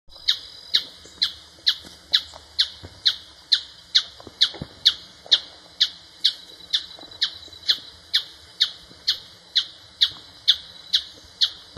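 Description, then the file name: Planalto tapaculo giving a long series of sharp, high, clipped notes, evenly repeated about twice per second. Recorded 30 March 2013 at Cruce Caballero. "Scytalopus-pachecoi 2013-03-30 PP-Cruce-Caballero Jorge-La-Grotteria"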